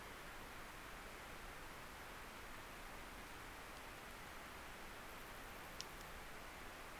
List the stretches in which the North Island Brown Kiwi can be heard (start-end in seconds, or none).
none